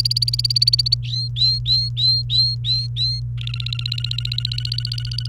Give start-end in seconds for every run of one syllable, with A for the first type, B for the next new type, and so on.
0.00-0.94 A, 1.04-3.20 B, 3.38-5.28 C